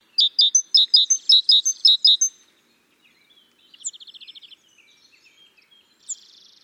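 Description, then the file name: Great tit calls: a quick run of sharp, high chinking notes, then a softer buzzy rattle and a faint trailing buzz. "Parus major"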